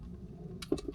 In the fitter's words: Both sides, they are clipped in.